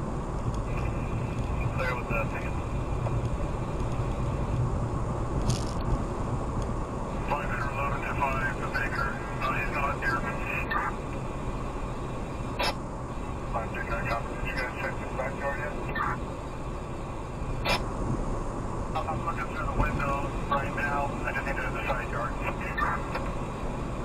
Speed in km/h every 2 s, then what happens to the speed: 81, 81, 81, 81, 81, 81, 77, 76, 74, 74, 77, 79.
0-10 steady at about 81. 10-15 slows to 74.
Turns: none.